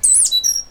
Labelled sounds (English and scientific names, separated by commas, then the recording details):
Stitchbird (Notiomystis cincta) song
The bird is a male
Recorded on Tiritiri Matangi Island, New Zealand, in 2005
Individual 8, of nest box 10